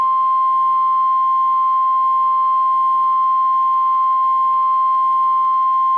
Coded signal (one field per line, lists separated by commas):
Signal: Emergency Alert System (SAME) tones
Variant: 1050 Hz attention tone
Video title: ANGRY EAS #1 😠😠😠